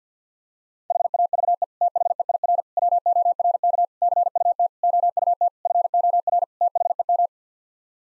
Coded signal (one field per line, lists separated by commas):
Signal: Morse code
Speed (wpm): 50 wpm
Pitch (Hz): 700 Hz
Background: none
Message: HAVE THEIR WORK CUT OUT FOR THEM